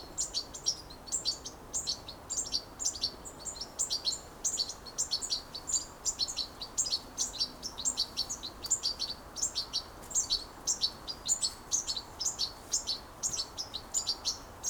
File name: Carduelis carduelis